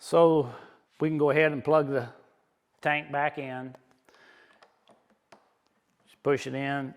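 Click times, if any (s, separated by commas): none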